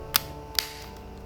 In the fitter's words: But what is nice is when you do close him up, it does make a nice satisfying click.